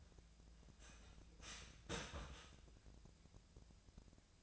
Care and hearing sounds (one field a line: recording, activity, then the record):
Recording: daily activity, microphone in the room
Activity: start toaster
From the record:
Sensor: 2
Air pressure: 1000.0 hPa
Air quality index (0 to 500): 146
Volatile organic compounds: 2 ppm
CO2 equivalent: 1241 ppm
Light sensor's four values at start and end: 26/65/28/30 and 26/65/28/30